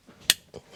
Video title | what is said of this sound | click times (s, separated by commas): TESLA MODEL 3 Y REAR SCREEN INSTALLATION GUIDE - Hansshow 7 Inch 2023 | And then the other end of the harness, same thing, satisfying click. | 0.3 s